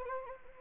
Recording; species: mosquito wingbeat signal from an infrared sensor; Anopheles arabiensis